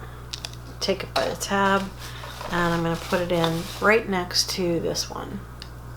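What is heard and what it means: A tabbed eyeshadow pan is handled and brought toward a palette slot right next to the previous pan while someone talks, with a few brief handling taps around the speech. Nothing has seated or clicked into place yet; the pan is not yet home when the clip ends.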